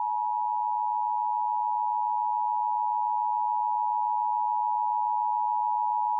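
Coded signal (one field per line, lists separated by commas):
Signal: Emergency Alert System (SAME) tones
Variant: 853 and 960 Hz attention tone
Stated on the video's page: Real EAS required monthly tests recorded off air from TV stations, some sent with a Sage Digital ENDEC encoder.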